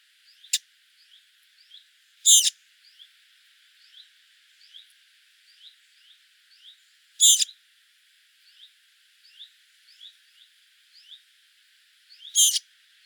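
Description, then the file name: Eurasian blackcap giving hard, clicking tack calls every few seconds over faint high chirps. "Sylvia atricapilla"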